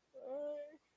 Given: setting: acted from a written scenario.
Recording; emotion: vocal sound without words; fear